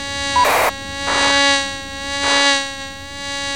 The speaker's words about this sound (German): In den Hörern brummte es, die Fliege.